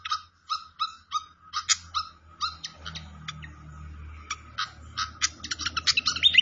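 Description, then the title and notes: Malaysian pied fantail gives short, separate chip notes about twice a second, growing faster and louder toward the end, over a soft low rumble. Clear-voiced song used for training cage birds, mixed with the sound of flowing water. "Masteran Sikatan Kipas Suara Jernih Dan Suara Gemericik Air. Suara Burung Sikatan Londo"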